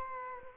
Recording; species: mosquito wingbeat signal from an infrared sensor; Culex quinquefasciatus